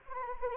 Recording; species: mosquito wingbeat signal from an infrared sensor; Anopheles arabiensis